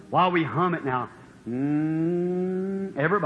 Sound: congregation starts humming